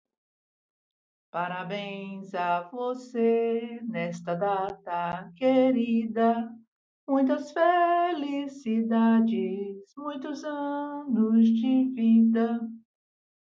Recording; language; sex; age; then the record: short text; Brazilian Portuguese; female; 70 to 79 years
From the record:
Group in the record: control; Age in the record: 71 years